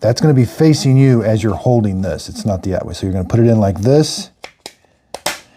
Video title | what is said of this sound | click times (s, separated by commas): LG Refrigerator (LT120F) Fresh Air Filter How To Replace | and it just snaps into place. | 5.3 s